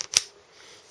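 A Firenock iBowSight phone bracket holding an iPhone 4S is slid back onto the bow sight mount and clicks into place. A faint tick at 0.0 s is followed by a sharp, bright click at 0.2 s, then near silence. The bracket is seated solidly on the bow, firm enough that shaking the bow does not move it.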